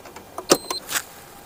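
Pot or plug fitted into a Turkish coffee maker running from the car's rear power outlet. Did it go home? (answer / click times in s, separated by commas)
yes / 0.5 s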